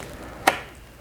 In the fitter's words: her on down until you get click